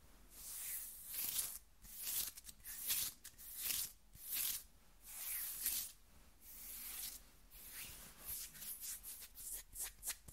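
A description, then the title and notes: Skin scratching in bursts of bright, raspy strokes, some long and some quick, with short pauses, speeding into rapid scratches near the end. ASMR Skin Scratching 1 Hour (No Talking).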